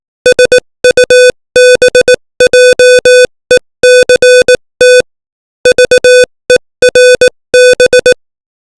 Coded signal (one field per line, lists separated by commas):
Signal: Morse code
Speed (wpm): 18 wpm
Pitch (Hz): 500 Hz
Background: music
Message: SUBJECT VERB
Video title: Morse Code 18 WPM : English Language